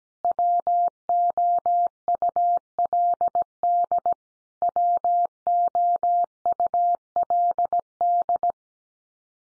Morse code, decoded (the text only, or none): WOULD WOULD